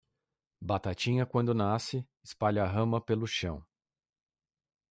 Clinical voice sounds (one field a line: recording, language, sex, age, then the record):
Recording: short text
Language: Brazilian Portuguese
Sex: male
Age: 30 to 39 years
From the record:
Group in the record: control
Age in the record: 37 years